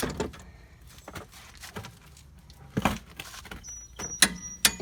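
A click-type torque wrench tightens the stabilizer bar link nut on the front suspension of a 2011 Kia Sorento until it reaches its setting at about 80 to 81 pounds. Scattered ratcheting and metallic taps are heard, then sharp wrench clicks at 4.2 s and 4.7 s. The nut is confirmed torqued.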